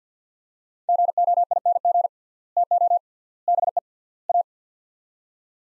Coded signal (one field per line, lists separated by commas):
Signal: Morse code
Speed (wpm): 50 wpm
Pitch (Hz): 700 Hz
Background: none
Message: GOING TO BE A